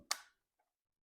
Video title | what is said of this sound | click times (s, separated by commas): How to Replace PS3 Controller Battery For Beginners | it should snap | 0.1 s